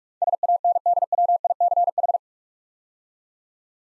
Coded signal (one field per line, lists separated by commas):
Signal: Morse code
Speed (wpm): 44 wpm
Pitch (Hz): 700 Hz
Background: none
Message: SANDWICH